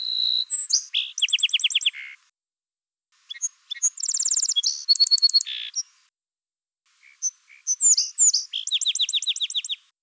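Song sparrow song phrases with rapid, evenly spaced trills and bright slurred notes. Three bursts are separated by short pauses, and there is no other sound.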